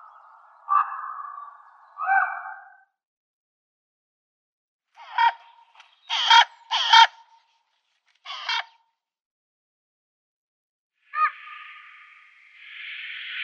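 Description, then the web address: Common raven giving varied calls: drawn-out hoarse notes, a few sharp clipped croaks, and a long grating call near the end. "Schulze Peter Common Raven"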